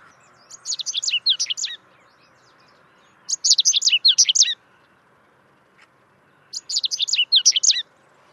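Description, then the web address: Correndera pipit song: three rapid strings of high, thin chirps, each lasting over a second, separated by short pauses. "cantos cachirlacomun"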